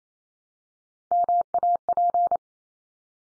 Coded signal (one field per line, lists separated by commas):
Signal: Morse code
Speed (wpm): 28 wpm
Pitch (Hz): 700 Hz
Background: none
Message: MAP